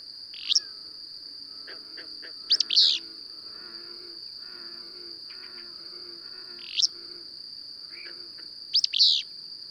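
Bird song, sharp sweeping phrases repeated several times with fainter notes in between, over a steady high whine.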